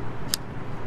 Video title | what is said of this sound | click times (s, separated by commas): How-to Change Rotary Tool Bits Quickly Using Groove Joint Pliers Tutorial | I hand tighten it and there's a little bit of a snap that | 0.3 s